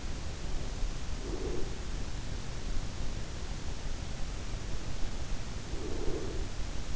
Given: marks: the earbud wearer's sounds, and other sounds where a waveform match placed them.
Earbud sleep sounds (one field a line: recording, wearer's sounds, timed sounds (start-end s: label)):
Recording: sounds in sleep by an in-ear microphone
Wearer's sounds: breath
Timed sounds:
0.99-2.33 s: breath
5.77-6.96 s: breath